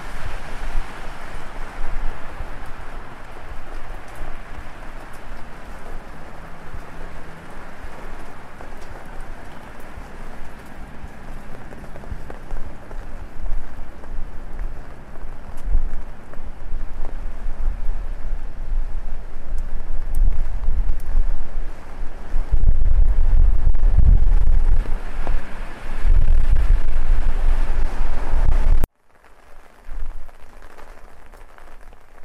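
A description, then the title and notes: Rain patters steadily on an umbrella over a hum of city traffic, with a loud low rumble near 23–28 seconds before the sound quiets. WALKING IN THE RAIN DOWNTOWN KOREA. The gentle pitter-patter of rain drops on your umbrella, combined with the sounds of a busy downtown Korean city at night.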